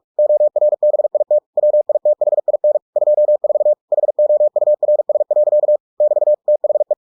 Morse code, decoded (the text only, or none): ORBIT WITHIN 24 HOURS. <BT> THE